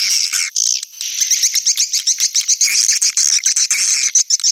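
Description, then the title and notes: Swiftlets chirping in a dense, high twittering chorus, many overlapping rapid chirps with brief dips in loudness throughout. Swiftlet farming context, Asia. "Swiflet Bird Sound. Farming Swiflet Bird asia sound"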